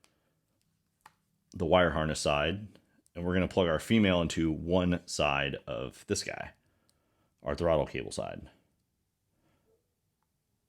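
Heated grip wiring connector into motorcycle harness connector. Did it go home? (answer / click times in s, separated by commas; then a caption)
no / none. A female plastic wiring connector from an OEM heated grip on a Honda CTX700 DCT is being handled toward the throttle-cable-side connector of the motorcycle's wire harness while someone talks. A few faint, brief ticks sit between the talk, near 1.1 s and 6.9 s. Nothing has seated or clicked yet; the clip ends just before the connector goes home.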